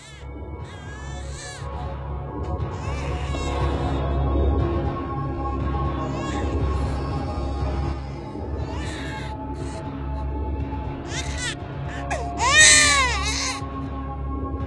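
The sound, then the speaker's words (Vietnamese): A baby held in a woman's arms wails in repeated, drawn-out bursts, its high cries bending and quavering eerily over a low, steady rumble, with the shrillest, loudest wail rising near the end. “Lúc này đứa bé nằm ở trong tay của người đàn bà bỗng nhiên khóc ré lên từng hồi ghê rợn.”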